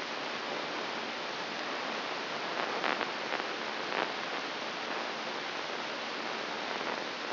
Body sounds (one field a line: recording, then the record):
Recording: brain microelectrode recording played as sound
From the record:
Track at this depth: inside the subthalamic nucleus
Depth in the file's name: 3.144 mm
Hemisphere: right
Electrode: 3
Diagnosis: Parkinson's disease